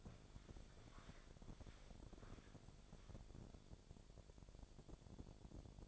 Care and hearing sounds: daily activity, microphone in the room; walk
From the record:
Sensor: 5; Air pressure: 1000.6 hPa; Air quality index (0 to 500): 140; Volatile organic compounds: 2 ppm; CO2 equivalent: 1086 ppm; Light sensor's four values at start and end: 47/110/46/48 and 48/112/46/49

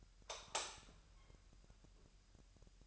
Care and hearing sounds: daily activity, microphone in the room; light off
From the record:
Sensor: 2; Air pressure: 1001.8 hPa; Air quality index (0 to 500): 238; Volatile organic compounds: 30 ppm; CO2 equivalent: 2958 ppm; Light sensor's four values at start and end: 9/25/10/10 and 4/10/4/4

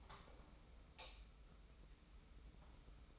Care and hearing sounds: daily activity, microphone in the room; light on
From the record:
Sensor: 1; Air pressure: 991.0 hPa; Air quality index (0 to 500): 108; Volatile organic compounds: 95 ppm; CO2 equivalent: 3720 ppm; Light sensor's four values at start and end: 23/51/22/24 and 26/66/27/29

